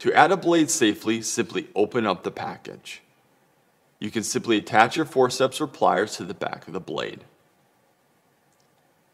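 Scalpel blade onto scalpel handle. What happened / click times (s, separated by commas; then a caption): No seating click; only talking while the blade is gripped / none. Someone talks from 0 to 3 s and again from about 4 to 7.3 s while forceps or pliers are attached to the back of a number 22 scalpel blade, which is being gripped before it is slid onto a number four scalpel handle. Only faint handling noise is heard, followed by near-silence. The blade has not yet been fitted, so nothing has seated or clicked.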